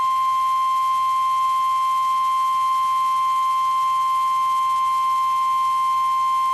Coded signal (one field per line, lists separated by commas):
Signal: Emergency Alert System (SAME) tones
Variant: 1050 Hz attention tone